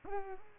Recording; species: mosquito wingbeat signal from an infrared sensor; Culex pipiens